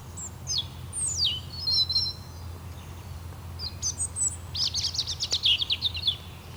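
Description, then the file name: European robin song of clear high whistles, downward-sliding notes and a fast, jingling trill at the end, over a constant low background hum. "Erithacus rubecula"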